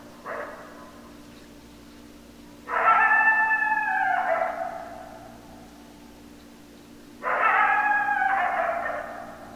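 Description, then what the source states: Coyote group howling, a short faint burst then two loud chorus bouts of overlapping wavering tones, each about two seconds, over a low hum. Several coyotes, recorded 10 December 2012.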